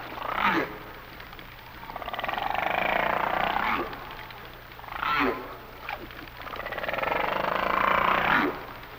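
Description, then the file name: Humpback whale song: two long wavering, swirling phrases with short sharp upsweeps between them. "Sounds of Nature - Humpback Whales"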